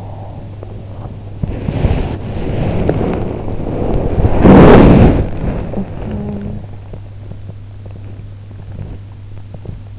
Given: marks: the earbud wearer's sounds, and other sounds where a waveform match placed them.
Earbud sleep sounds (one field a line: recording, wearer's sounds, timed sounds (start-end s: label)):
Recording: sounds in sleep by an in-ear microphone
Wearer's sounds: body movement, talking in sleep, teeth grinding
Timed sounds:
0.00-9.11 s: body movement
5.68-6.68 s: talking in sleep
6.68-7.67 s: teeth grinding
9.30-9.98 s: teeth grinding